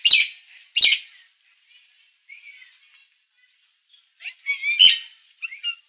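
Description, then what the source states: Nias hill myna giving two sharp, harsh calls, then a soft thin whistle, and a rough chattering flurry near the end. Bird in full, active song (gacor), described as loud and noisy.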